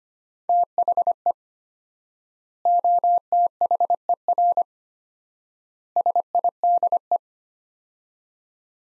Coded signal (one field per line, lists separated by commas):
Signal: Morse code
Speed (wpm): 25 wpm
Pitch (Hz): 700 Hz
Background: none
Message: THE OTHER SIDE